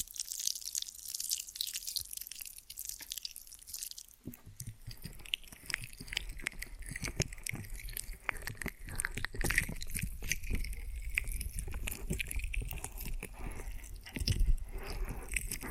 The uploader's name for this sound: Ear & Scalp Massage and Cleaning